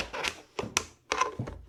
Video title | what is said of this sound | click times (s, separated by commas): KastKing V16 Review & The Ugly Truth (Oh My!) | and that just snapped right into place. | 0.8 s